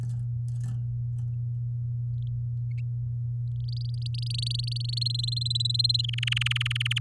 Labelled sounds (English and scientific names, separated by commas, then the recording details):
Domestic Canary (Serinus canaria) song
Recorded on 7 May 2018 at 13:40
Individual llb16